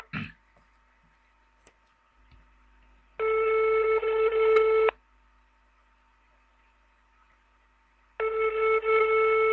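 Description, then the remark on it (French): A telephone ringback tone heard over the line: two long buzzing rings, each lasting under two seconds, separated by a silent pause, after a brief click at the start. “Oui, dans le coma, la sonnerie.”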